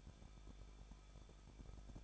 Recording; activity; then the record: daily activity, microphone in the room; no activity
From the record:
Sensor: 5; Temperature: 20.9 degrees Celsius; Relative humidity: 38.2%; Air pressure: 1006.4 hPa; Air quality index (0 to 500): 188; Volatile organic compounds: 19 ppm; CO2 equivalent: 2640 ppm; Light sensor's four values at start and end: 2/3/1/1 and 2/3/1/1